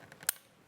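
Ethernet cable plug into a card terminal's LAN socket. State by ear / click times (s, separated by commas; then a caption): seated / 0.1 s, 0.2 s, 0.3 s. An Ethernet cable's plastic RJ45 plug is pushed into the white LAN socket on the underside of a card terminal lying face down on a flat surface. Two small clicks come at 0.1 s and 0.2 s, followed by a sharp, much louder click at 0.3 s, and then quiet. The plug seats in the socket.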